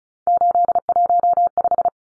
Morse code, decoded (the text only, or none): 815